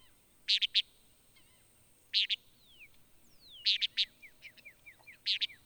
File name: Antillean Nighthawk